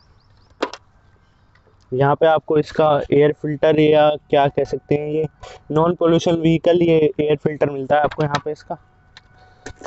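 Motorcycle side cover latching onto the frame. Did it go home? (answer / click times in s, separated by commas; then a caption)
yes / 9.7 s. A Royal Enfield Standard 350 BS6 motorcycle's side cover over the air filter compartment is closed and pressed onto the frame while someone talks. A sharp click at 9.7 s marks the side panel latch locking, so the cover is seated.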